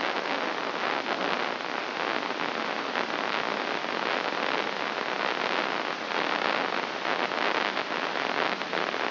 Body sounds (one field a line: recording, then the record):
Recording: brain microelectrode recording played as sound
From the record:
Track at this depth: inside the subthalamic nucleus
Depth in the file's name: 4.717 mm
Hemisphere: left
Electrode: 3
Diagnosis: Parkinson's disease